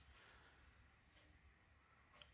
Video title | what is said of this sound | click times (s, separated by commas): DJI Mini 4 Pro/Mini 3 Series Battery Shell Replacement | Put a bit of pressure on it to get it to the tabs to click into place. | 2.2 s